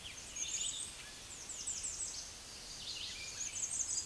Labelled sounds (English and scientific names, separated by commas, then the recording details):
American Redstart (Setophaga ruticilla) song
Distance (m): 40 m
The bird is about 15 m above the microphone
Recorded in a Pennsylvania forest on 16 May 2024 at 09:30
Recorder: AudioMoth, point MSD-2345
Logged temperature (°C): 15.5 °C
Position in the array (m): 109 m, 244 m